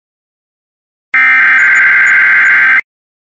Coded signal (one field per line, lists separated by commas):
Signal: Emergency Alert System (SAME) tones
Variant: header bursts